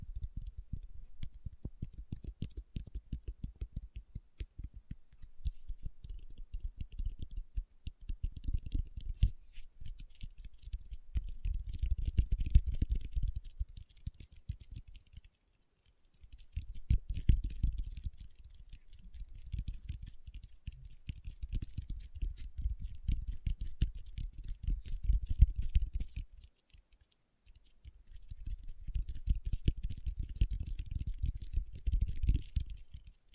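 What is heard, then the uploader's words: Fingertips tap rapidly in dense, uneven bursts, a low soft patter with faint crisp ticks above it. The tapping swells and thins, with short pauses near 15, 26 and 27 seconds before it resumes at the same quick pace. ASMR Tapping with Fingertips (No Talking).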